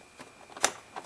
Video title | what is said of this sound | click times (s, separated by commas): How To Replace A starter Toyota On A 2002 Toyota Avalon 3.0 V6 | push it and it snaps | 0.6 s